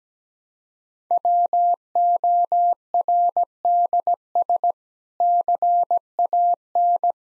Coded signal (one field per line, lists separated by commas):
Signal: Morse code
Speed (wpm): 17 wpm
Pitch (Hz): 700 Hz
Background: none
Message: WORDS CAN